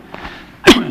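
A single abrupt, explosive sneeze from an adult man bursts out after a brief quiet lead-in, loud and hissing with a sharp onset and a quick fade. It is an ordinary isolated sneeze, with no coughing or strained breathing around it.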